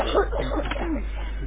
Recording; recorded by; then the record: voluntary cough; telephone call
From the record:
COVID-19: positive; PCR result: checked with the laboratory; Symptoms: yes